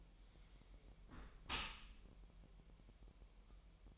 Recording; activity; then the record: daily activity, microphone in the room; close dishwasher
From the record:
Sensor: 1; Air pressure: 1000.4 hPa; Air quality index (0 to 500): 247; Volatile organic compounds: 141 ppm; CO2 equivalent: 3980 ppm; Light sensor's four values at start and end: 11/27/11/12 and 11/27/11/12